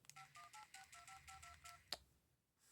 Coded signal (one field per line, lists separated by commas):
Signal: DTMF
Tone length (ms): 110 ms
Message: 518625522